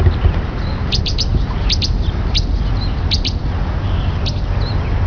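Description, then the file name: Grey wagtail giving sharp, high, clipped notes singly, in pairs and in threes, over a steady loud low rumble. "Gwagtail"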